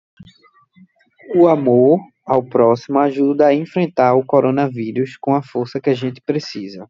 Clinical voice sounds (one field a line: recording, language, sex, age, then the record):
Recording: spoken sentence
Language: Brazilian Portuguese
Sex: male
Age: 30 to 39 years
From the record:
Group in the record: control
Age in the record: 34 years